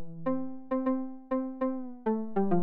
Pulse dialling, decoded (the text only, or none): none